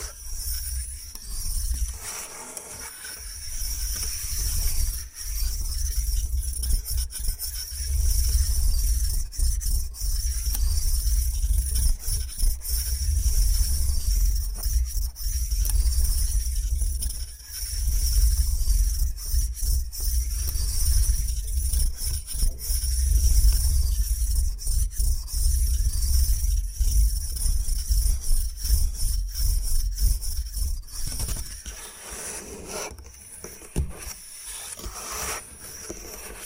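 Bamboo is scratched and brushed in a dense, continuous rasping texture, with fine quick strokes running through most of the clip. A low rumble sits underneath throughout. The activity eases off near the end, becoming sparser and quieter after about 31 seconds.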